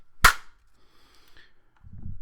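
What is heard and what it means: The out-of-place top 300 Blackout cartridge in a modified G2 polymer rifle magazine is pressed down and snaps into its proper position at 0.3 s with a sharp, loud click, needing no pressure after the magazine was tapped. A faint rattle follows around 1.4 s, and a low handling rumble starts near 1.8 s. The round is seated.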